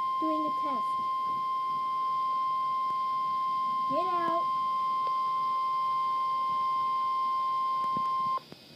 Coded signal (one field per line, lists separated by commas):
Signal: Emergency Alert System (SAME) tones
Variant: 1050 Hz attention tone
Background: speech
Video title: EAS #1: NOAA Weather Radio WWF35 Required Weekly Test 06/06/2012